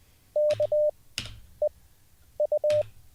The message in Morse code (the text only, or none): K E U